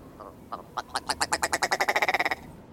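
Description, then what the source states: Willow Ptarmigan cackling call: a few spaced notes that speed up into a fast, rattling run of harsh pulses, then stop abruptly. Chicken-sized bird of the northern tundra, known for its giddy voice.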